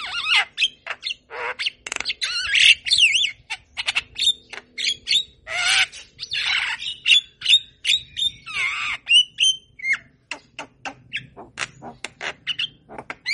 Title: Masteran & Pancingan Kicauan Jalak Kebo Gacor. Masteran Burung Jalak Kebo Gacor Manggut Manggut Bikin Burung Jalak Yang Dengar Cepat respon. Kicau Jalak Kebo